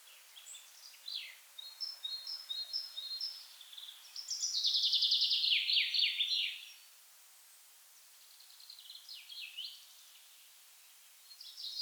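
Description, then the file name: Common chaffinch song: a loud rattling phrase of fast descending notes in the middle, with quieter high chirps before it and softer phrases after. "Fringilla coelebs"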